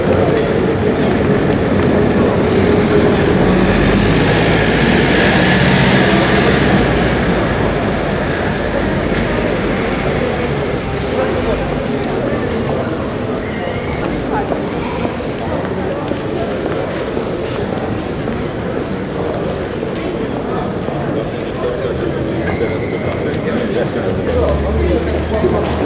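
Steady city-centre din of overlapping voices and passing traffic, a dense low rumble throughout, with a brief high whine around five seconds.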